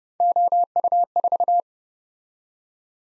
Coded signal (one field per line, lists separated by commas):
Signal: Morse code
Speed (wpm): 32 wpm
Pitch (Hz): 700 Hz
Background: none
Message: OU4